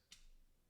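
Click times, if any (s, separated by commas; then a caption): 0.1 s. The second plastic cover of a 2016–2022 Volvo XC90 key fob is pushed onto the case and slid down. A short, bright tick at 0.1 s is followed by quiet, with a faint sound near the end. The cover locks into place.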